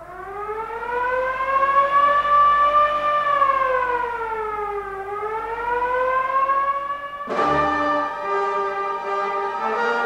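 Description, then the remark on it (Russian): A loud hand-cranked alarm siren, being cranked to raise the alarm, wails alone, its rich tone slowly rising, dipping and climbing again, then abruptly shifting to a steadier, harsher pitch for the last few seconds. “Яшка бросается на Ярцева и не дает ему выстрелить в Петьку, который крутит сирену.”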